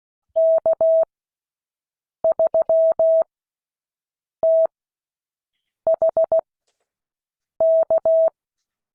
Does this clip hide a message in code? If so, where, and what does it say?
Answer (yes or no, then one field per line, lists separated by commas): yes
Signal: Morse code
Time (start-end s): 0.4-8.3 s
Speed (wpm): 16 wpm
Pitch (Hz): 650 Hz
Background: none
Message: K3THK